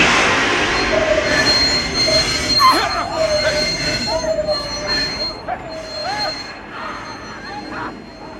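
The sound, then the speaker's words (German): A train brakes hard after the emergency brake is pulled, its wheels letting out a shrill, wavering squeal that rises and dips over a loud, steady rumble of rolling rail noise, continuing for several seconds without easing. “Sobald ich jetzt sage, in dem Augenblick, ziehen Sie die Notbremse.”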